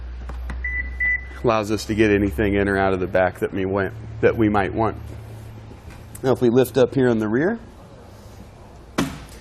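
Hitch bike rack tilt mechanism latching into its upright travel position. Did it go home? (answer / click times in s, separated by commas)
yes / 9.0 s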